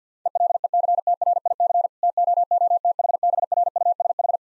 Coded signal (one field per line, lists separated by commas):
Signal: Morse code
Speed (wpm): 50 wpm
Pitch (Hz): 700 Hz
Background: none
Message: ELECTRIC TOOTHBRUSH